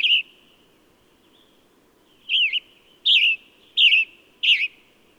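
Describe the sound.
Bird gives one chirp, falls silent for two seconds, then delivers four quick, wavering chirps in a row; soft hum in the background.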